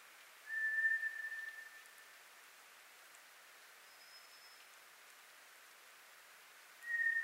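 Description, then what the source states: White's thrush song: two drawn-out, even whistles about six seconds apart, with a fainter, higher thin whistle in the gap. Recorded 24 April 2010.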